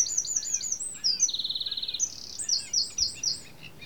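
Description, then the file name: Eurasian wren song: high sharp notes, then a long even mechanical trill, followed by a burst of bright repeated chirps. "Troglodytes troglodytes"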